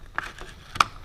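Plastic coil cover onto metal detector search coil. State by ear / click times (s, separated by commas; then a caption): seated / 0.8 s. A plastic coil cover is pressed around a metal detector search coil and popped into place. A sharp click at 0.2 s is followed by faint scraping, and the loudest snap comes at 0.8 s as the cover seats.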